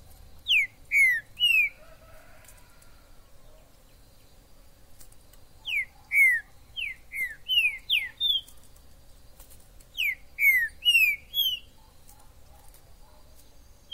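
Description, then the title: Green-winged saltator singing three phrases of bright, falling whistles spaced several seconds apart, over a faint low hum. In the forest (mato). "Trinca ferro MAJOR no MATO"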